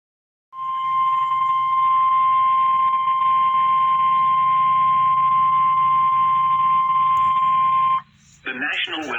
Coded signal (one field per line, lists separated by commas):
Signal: Emergency Alert System (SAME) tones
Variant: 1050 Hz attention tone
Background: speech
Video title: SVR WNG538 EAS #77